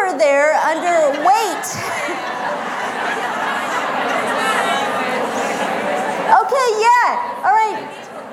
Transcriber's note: laughter